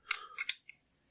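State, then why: Seated. The steel locking block on the bolt carrier of a Czech VZ58 rifle is pushed forward by hand and locks into place. Two sharp, bright clicks are heard at 0.1 s and 0.5 s, with a softer click just before the second one and a faint tick near 0.7 s. The block is seated and locked.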